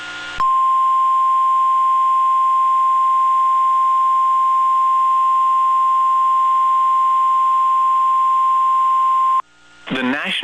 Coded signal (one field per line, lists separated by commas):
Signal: Emergency Alert System (SAME) tones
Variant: 1050 Hz attention tone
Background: speech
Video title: TOA (EAS #214)